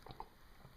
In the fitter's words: see how that just pops right in there that's